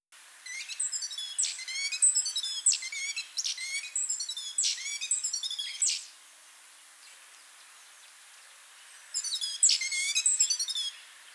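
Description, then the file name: Great tit calls: a rapid, chattering series of sharp, high, down-slurred notes lasting about six seconds, then a shorter burst of the same after a pause. "Parus major"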